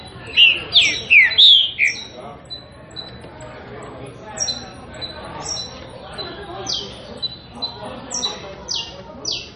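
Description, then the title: Green-winged saltator song: loud, slurred whistled phrases in the first two seconds, then a series of thin, high, descending notes. Classic song style (canto clássico); for training birds to sing. "Canto Clássico Trinca Ferro TREINAMENTO"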